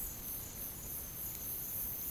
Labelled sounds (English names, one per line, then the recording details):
none
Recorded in dense forest near Puerto Asís, Putumayo, Colombia, on 30 June 2025 at 11:30
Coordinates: 0.503, -76.323
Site G059